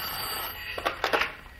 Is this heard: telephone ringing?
yes